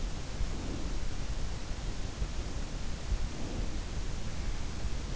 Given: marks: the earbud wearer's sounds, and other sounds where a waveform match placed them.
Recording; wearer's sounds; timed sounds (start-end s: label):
sounds in sleep by an in-ear microphone; breath
0.18-1.41 s: breath
3.02-4.31 s: breath